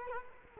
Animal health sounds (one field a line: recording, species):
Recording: mosquito wingbeat signal from an infrared sensor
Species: Culex quinquefasciatus